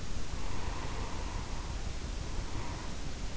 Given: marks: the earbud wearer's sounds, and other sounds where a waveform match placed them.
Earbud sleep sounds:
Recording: sounds in sleep by an in-ear microphone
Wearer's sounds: snoring breath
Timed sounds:
0.60-3.29 s: snoring breath

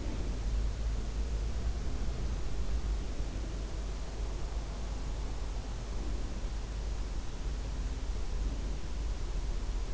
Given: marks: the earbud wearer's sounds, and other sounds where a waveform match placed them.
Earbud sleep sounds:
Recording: sounds in sleep by an in-ear microphone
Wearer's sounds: breath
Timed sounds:
0.00-0.45 s: breath

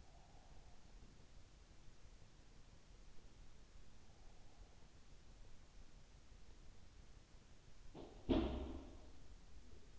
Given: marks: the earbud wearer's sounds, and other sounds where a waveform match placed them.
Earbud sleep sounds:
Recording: sounds in sleep by an in-ear microphone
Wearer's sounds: breath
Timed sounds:
0.00-0.86 s: breath
7.68-9.99 s: sound from someone else or the room

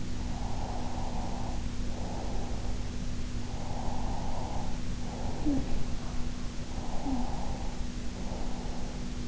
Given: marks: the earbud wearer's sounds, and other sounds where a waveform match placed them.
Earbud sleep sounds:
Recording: sounds in sleep by an in-ear microphone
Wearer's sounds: breath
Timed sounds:
0.18-2.82 s: breath
3.53-6.12 s: breath
5.43-6.24 s: sound from someone else or the room
6.75-9.28 s: breath
6.96-7.35 s: sound from someone else or the room

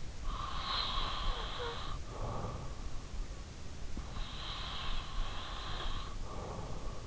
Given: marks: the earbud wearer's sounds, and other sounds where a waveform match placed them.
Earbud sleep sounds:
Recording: sounds in sleep by an in-ear microphone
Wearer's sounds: breath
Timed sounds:
0.00-3.08 s: breath
3.94-7.02 s: breath

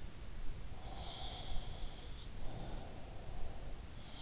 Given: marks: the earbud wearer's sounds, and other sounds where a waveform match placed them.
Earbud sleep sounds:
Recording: sounds in sleep by an in-ear microphone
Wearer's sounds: breath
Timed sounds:
0.82-3.76 s: sound from someone else or the room
2.34-3.75 s: breath

